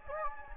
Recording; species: mosquito wingbeat signal from an infrared sensor; Anopheles gambiae